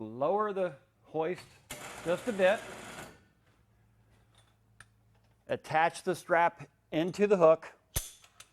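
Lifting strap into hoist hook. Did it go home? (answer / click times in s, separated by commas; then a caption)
no / none. Someone talks while a lifting strap is handled at the spring hook of a bed-lowering hoist, with the hoist lowered slightly before the strap is attached. A burst of broadband handling noise comes between the talk, and a faint tick follows. The strap has not yet gone home, and nothing has seated or clicked yet.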